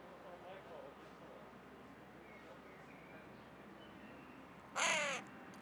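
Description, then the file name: Carrion crow calling one rasping caw near the end, preceded by faint high notes in the background. "Corvus corone"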